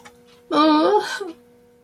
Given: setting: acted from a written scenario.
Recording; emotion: vocal sound without words; disappointment